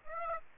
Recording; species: mosquito wingbeat signal from an infrared sensor; Aedes aegypti